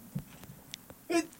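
A single short, explosive burst about a second in, loud and voiced with a rough, hissy edge, follows a few faint clicks and quiet room noise. It is one ordinary, somewhat stifled adult woman's sneeze, caught close to a radio studio microphone.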